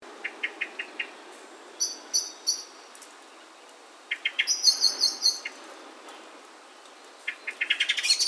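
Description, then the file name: Common blackbird calls: bursts of short clipped notes mixed with higher thin notes, then a rapid final series. "Turdus merula"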